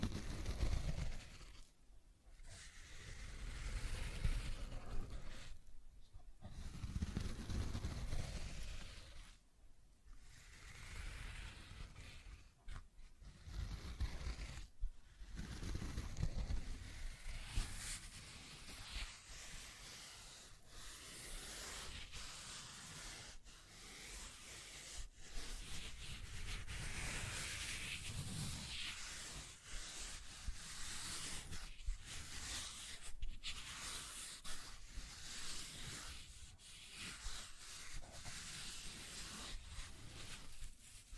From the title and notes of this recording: ASMR 1 Hour Scratching and Tracing Sounds (No Talking).